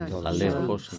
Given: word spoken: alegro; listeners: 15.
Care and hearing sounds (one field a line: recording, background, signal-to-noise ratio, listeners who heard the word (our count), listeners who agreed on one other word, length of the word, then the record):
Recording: one Spanish word in noise, from a listening test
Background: four-talker babble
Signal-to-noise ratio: -0.3 dB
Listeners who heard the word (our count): 0 of 15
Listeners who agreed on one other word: 8 of 15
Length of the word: 0.58 s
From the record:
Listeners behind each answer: 8, 2, 1, 1, 1, 1, 1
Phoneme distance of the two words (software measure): 31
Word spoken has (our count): 3 syllables, 6 phonemes, stress on syllable 2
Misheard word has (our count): 2 syllables, 5 phonemes, stress on syllable 1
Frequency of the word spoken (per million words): 4.70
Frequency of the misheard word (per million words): 113.65